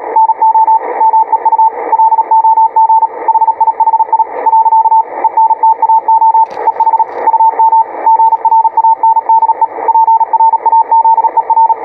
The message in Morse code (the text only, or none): NO MEU LOG HIHI . ENTAO EH UM GRANDE PRAZER